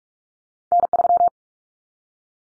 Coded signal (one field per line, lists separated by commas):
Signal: Morse code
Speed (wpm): 44 wpm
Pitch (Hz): 700 Hz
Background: none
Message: N3